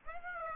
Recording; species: mosquito wingbeat signal from an infrared sensor; Aedes aegypti